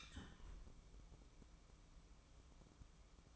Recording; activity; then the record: daily activity, microphone in the room; close fridge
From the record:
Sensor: 1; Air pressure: 1007.8 hPa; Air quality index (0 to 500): 97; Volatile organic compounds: 1 ppm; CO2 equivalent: 824 ppm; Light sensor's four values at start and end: 13/31/13/14 and 13/31/13/14